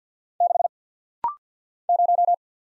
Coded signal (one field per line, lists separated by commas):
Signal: Morse code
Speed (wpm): 50 wpm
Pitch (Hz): 700 Hz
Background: none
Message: 6 0